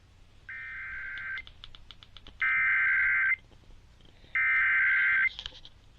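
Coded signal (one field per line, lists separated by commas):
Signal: Emergency Alert System (SAME) tones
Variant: header bursts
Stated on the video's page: Alerts relayed by digital TV stations, including unexpected relays of watches.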